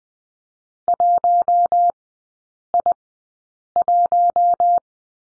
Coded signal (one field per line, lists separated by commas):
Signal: Morse code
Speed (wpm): 20 wpm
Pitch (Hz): 700 Hz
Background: none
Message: 1I1